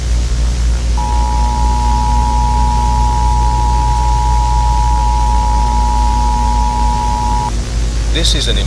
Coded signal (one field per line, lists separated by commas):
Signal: Emergency Alert System (SAME) tones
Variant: 853 and 960 Hz attention tone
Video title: British EAS Scenario // That’s Not The Sun…